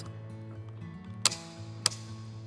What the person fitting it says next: they're clicking.